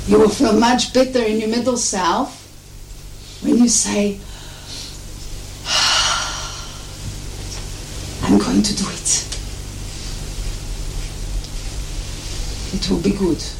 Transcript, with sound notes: You will feel much better in you middle self when you say, (makes a big sigh) 'I am going to do it. It will be good.'